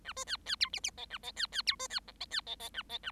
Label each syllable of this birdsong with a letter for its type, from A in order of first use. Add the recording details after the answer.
A B C C D E E F A F C C D B C G F C F F A F A. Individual Bird7